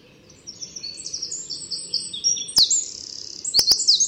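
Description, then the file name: Eurasian wren producing a high, rapid trill that builds in loudness, ending in sharp, bright notes and a quick rattling run. "Troglodytes troglodytes"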